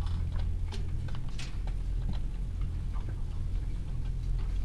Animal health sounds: poultry house recording; sick chickens (respiratory disease)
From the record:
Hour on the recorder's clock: 15

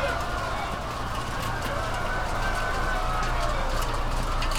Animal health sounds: poultry house recording; healthy chickens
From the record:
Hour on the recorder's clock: 20

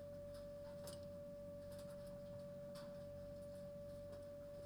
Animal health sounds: poultry house recording; no chicken sound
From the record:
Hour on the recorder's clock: 23

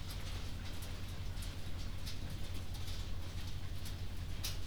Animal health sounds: poultry house recording; no chicken sound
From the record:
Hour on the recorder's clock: 22

